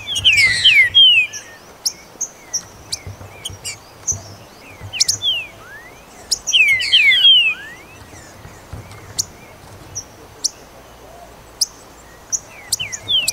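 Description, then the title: Green-winged saltator song: bright whistled phrases of quick downslurred notes near the start and again midway, amid sharp high ticks and chirps. "Trinca Ferro"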